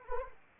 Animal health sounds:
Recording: mosquito wingbeat signal from an infrared sensor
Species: Anopheles arabiensis

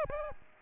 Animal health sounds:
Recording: mosquito wingbeat signal from an infrared sensor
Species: Aedes aegypti

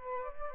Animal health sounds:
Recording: mosquito wingbeat signal from an infrared sensor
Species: Aedes albopictus

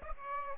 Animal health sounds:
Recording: mosquito wingbeat signal from an infrared sensor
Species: Aedes aegypti

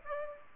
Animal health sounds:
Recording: mosquito wingbeat signal from an infrared sensor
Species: Aedes aegypti

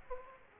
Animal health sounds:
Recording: mosquito wingbeat signal from an infrared sensor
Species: Aedes aegypti

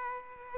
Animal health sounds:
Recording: mosquito wingbeat signal from an infrared sensor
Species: Aedes aegypti

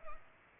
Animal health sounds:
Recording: mosquito wingbeat signal from an infrared sensor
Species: Culex pipiens

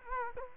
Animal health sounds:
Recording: mosquito wingbeat signal from an infrared sensor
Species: Culex quinquefasciatus

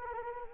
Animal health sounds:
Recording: mosquito wingbeat signal from an infrared sensor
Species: Anopheles arabiensis

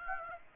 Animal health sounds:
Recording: mosquito wingbeat signal from an infrared sensor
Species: Aedes aegypti

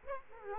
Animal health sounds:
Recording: mosquito wingbeat signal from an infrared sensor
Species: Aedes aegypti

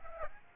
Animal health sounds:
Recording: mosquito wingbeat signal from an infrared sensor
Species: Aedes aegypti

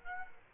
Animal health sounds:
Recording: mosquito wingbeat signal from an infrared sensor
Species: Aedes aegypti

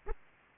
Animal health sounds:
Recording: mosquito wingbeat signal from an infrared sensor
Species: Aedes aegypti

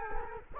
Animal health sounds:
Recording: mosquito wingbeat signal from an infrared sensor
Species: Culex quinquefasciatus

